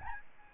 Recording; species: mosquito wingbeat signal from an infrared sensor; Aedes albopictus